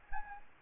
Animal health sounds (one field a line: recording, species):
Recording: mosquito wingbeat signal from an infrared sensor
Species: Anopheles gambiae